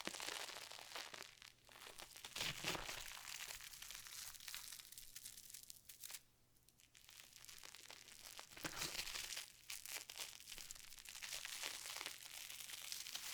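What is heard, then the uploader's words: Slime is squished and crinkled in dense, crackly bursts of bright sound, pausing briefly near six seconds, with sharper squelches around three and nine seconds. Satisfying ASMR Slime.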